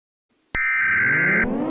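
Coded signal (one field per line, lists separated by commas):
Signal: Emergency Alert System (SAME) tones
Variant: header bursts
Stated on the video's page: Fictional EAS scenario about an eclipse.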